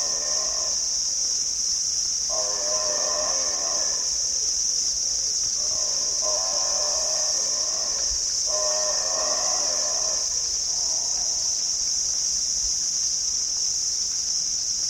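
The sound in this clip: Abbott's booby giving harsh, harmonic braying calls in four bursts, over a steady high drone.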